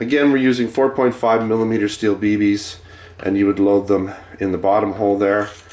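Someone talks while handling the metal stick magazine of an ASG TAC 4.5 CO2 air rifle, which is loaded with 4.5 mm steel BBs through the bottom hole. The magazine's spring follower is being handled but has not yet popped into place, and nothing has seated or clicked yet.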